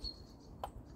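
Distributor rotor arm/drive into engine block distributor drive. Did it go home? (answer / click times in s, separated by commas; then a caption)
yes / 0.6 s. A distributor is lowered into the engine block of a Triumph TR6 during an electronic ignition fitting and turned until its rotor arm engages the drive. Against a faint, steady background, a single sharp click is heard at 0.6 s. The rotor arm has clicked into place in the drive, so the distributor is seated in the right position.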